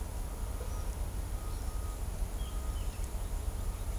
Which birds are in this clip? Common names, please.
none